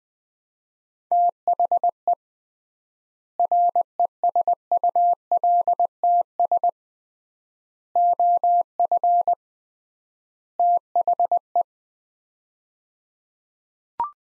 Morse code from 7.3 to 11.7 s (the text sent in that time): OF THE